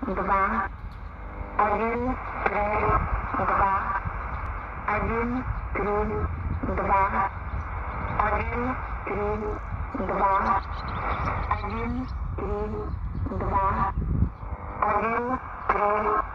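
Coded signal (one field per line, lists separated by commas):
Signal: numbers station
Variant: S06s, Russian female voice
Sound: female voice reading short evenly spaced words, roughly one per second, over shortwave static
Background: radio static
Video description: 10250 kHz AM - S06s "Russian Lady" Numbers Station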